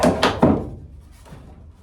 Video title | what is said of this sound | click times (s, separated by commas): Restoring a Classic: 1951 ACC Caravan | they snap in place and then the leg is solid. | 0.2 s, 0.4 s